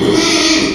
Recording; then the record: squeal of a Yucatan mini pig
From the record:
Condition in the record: after surgery on the right vocal fold (resection and tissue-engineered implant); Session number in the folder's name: 2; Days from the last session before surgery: 13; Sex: male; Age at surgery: 12 weeks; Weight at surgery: 13 kg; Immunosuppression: cyclosporine, prednisolone